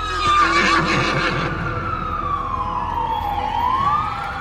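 A horse gives a loud, quavering whinny for over a second, then a long wailing siren takes over, sliding slowly down in pitch and back up again; the horse has carried riders to New York, arriving at sunrise.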